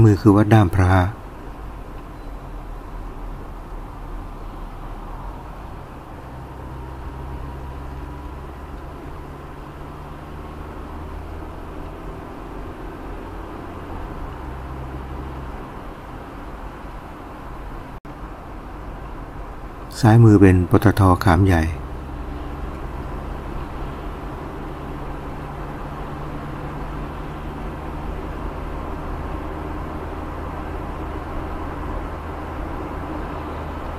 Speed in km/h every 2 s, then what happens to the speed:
33, 32, 30, 29, 32, 35, 38, 41, 41, 39, 39, 42, 45, 47, 50, 52, 53.
0-6 steady at about 30. 6-14 speeds up to 41. 14-20 steady at about 39. 20-34 speeds up to 53.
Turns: none.